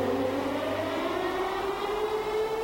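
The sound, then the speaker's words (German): A flood warning siren holds a loud, steady wailing tone with layered harmonics, its pitch drifting slightly over a few seconds, with a low rumble underneath and no voices, sounding at 3 a.m. to announce acqua alta high water. “Um 3 Uhr am Morgen hatten die Sirenen bereits Aqua Alta angekündigt und sie alle geweckt.”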